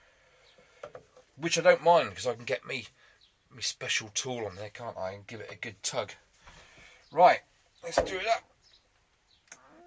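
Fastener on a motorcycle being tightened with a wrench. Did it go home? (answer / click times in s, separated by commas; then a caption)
yes / 9.5 s. Someone talks while a fastener on a Suzuki FZ50 motorcycle under restoration is tightened with a torque wrench. A single sharp click sounds at 9.5 s as the wrench reaches its torque setting.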